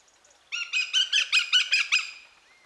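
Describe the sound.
Eurasian goshawk giving one loud burst of several harsh, evenly spaced notes in quick succession, then quiet.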